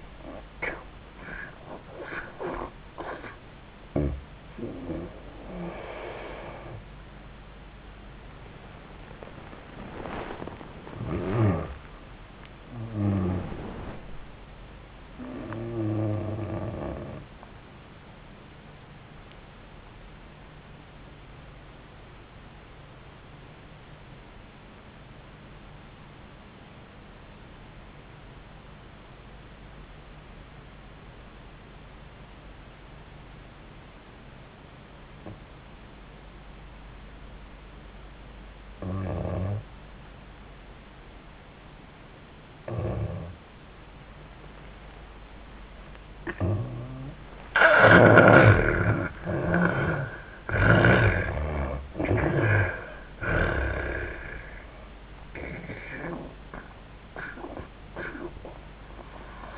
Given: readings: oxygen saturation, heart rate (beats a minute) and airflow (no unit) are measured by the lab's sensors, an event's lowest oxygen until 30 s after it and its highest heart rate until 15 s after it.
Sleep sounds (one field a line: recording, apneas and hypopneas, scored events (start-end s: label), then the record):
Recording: breathing in sleep by a voice recorder at the bedside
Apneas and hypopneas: 1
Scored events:
18.00-46.10 s: obstructive apnea (N1, oxygen 98% highest, then 78% lowest)
28.00-58.00 s: new sleep stage, N2 (light sleep)
58.00-59.58 s: new sleep stage, REM sleep
From the record:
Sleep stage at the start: N1 (lightest sleep)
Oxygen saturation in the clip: 76 to 98%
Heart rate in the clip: 68 to 93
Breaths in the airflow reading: 5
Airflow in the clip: -19.0 to 16.3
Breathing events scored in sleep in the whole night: 400 in 8.7 hours asleep